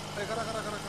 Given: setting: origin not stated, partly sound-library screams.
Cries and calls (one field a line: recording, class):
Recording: one-second piece from a danger detection set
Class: normal situation